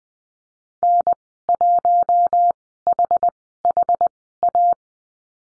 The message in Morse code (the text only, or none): N1HHA